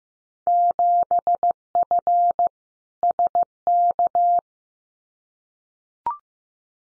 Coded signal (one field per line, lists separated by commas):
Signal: Morse code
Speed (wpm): 15 wpm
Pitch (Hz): 700 Hz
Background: none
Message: 7F SK